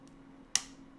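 A plastic building-block brick piece is pressed onto a building-block model and snaps into place with one sharp, loud click at 0.6 s. A faint tick comes just before it at about 0.1 s over a low steady hum. The piece is seated.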